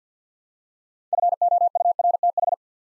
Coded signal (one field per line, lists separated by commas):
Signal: Morse code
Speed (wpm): 50 wpm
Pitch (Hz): 700 Hz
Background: none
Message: FOURTH